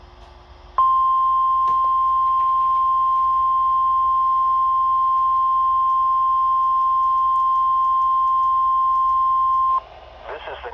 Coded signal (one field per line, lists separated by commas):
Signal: Emergency Alert System (SAME) tones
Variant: 1050 Hz attention tone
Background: speech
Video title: Required Weekly Test... Test from 11/3/21 (EAS #801)